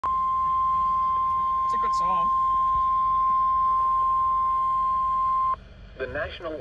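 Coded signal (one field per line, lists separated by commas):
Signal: Emergency Alert System (SAME) tones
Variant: 1050 Hz attention tone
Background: speech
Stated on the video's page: Snow Squall Warning for central Chester County, Pennsylvania, on NOAA Weather Radio KIH28, toned as a Severe Weather Statement.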